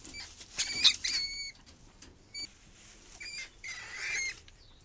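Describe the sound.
Mouse squeaking: thin, high tonal squeaks in several short bursts, mixed with scratchy rustling noises.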